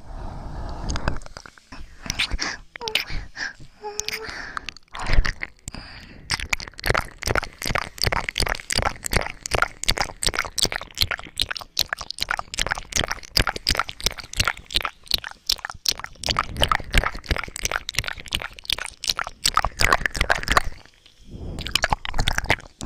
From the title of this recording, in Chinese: 舔耳+口腔音